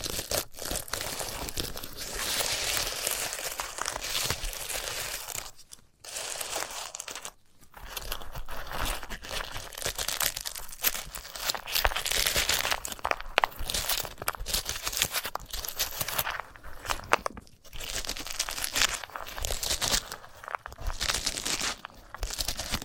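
Dense crackling and crunching as a sunflower head is handled, bright rustles running continuously with brief silent gaps near 6, 7.5 and 17 seconds.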